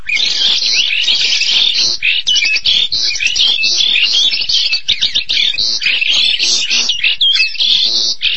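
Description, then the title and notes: Starling song of quick, scratchy chatter mixed with bright whistled notes, delivered in a nonstop, varied flow. "details Jalak. suara burung jalak"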